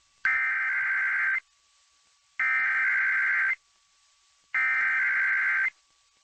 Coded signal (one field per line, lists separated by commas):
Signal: Emergency Alert System (SAME) tones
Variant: header bursts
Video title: 4th of July Weekly Tests (EAS #7043-7044) 7/4/22